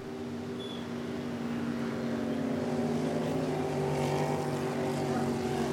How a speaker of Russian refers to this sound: Это моторка.